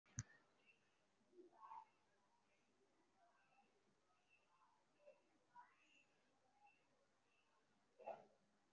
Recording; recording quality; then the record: shallow breathing; moderate, slight background noise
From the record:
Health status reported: recovered from COVID-19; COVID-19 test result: positive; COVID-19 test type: RT-PCR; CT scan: taken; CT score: 0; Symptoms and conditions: cough, cold, breathing difficulty, sore throat, fatigue, another respiratory illness, another condition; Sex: female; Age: 25 years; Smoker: no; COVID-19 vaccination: both doses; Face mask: worn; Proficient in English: yes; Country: India